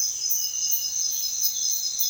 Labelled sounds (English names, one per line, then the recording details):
none
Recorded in secondary vegetation near Puerto Asís, Putumayo, Colombia, on 30 June 2025 at 06:00
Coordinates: 0.498, -76.327
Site GP09